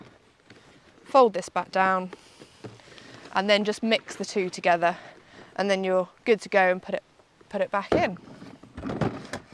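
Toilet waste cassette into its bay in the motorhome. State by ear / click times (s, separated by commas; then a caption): seated / 9.0 s, 9.3 s. A motorhome toilet waste cassette on an Auto-Trail Adventure 65 is slid back into its bay behind the external hatch while someone talks. Thumps follow near the end, and the cassette clicks into place at about 9.0 and 9.3 seconds, seated.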